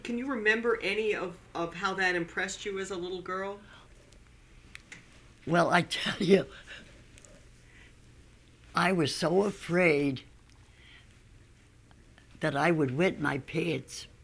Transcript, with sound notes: Can you remember any of how that impressed you as a little girl? (she laughs)
I was so afraid that I would wet my pants.